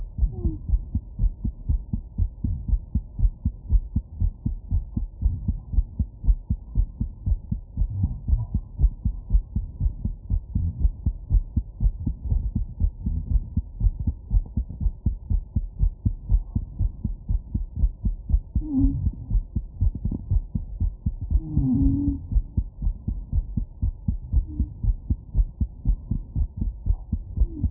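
Steady, low, muffled thumps repeat throughout in a fairly regular rhythm, with paired beats over a soft low hum. This is an adult human heartbeat. A few brief rustling sounds occur near the middle and end.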